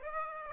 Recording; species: mosquito wingbeat signal from an infrared sensor; Aedes aegypti